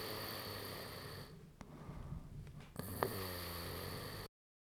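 A low, rattling snore fills the first second, then a quieter breath and a short snorting catch lead into another buzzing snore. Vibration of the soft tissues of the upper airway during sleep makes the sound. Steady hiss throughout; a sound effect.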